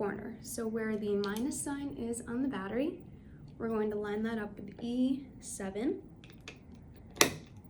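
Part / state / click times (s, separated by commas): battery holder block onto plastic snap-circuit base grid / seated / 7.2 s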